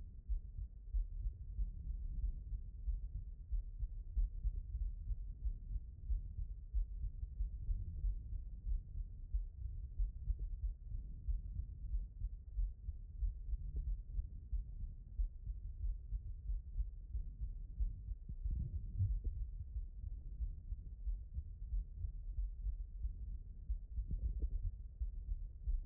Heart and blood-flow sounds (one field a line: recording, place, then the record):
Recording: heart sounds by stethoscope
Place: aortic valve (AV)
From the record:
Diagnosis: HFrEF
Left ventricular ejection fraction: 23%